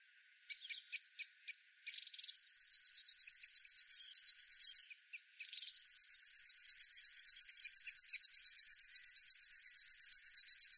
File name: Schlagschwirl - Locustella fluviatilis